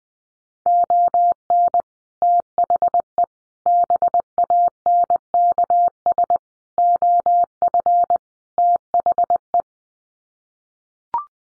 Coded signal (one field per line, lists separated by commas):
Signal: Morse code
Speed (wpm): 20 wpm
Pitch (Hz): 700 Hz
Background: none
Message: ON THE BANKS OF THE